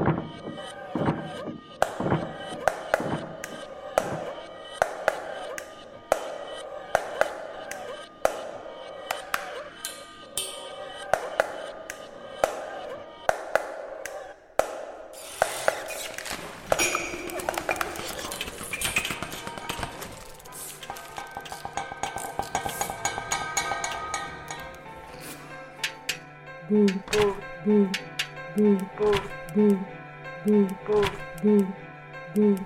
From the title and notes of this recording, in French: Balade mélodieuse, les couloirs chantent. Sons récoltés à l'école Boulle uniquement.